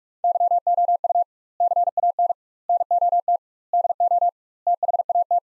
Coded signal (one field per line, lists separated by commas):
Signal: Morse code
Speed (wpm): 45 wpm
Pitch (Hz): 700 Hz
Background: none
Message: YOU CAN NOT DO THAT